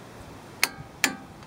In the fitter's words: when it clicks once, you do it again and in that statement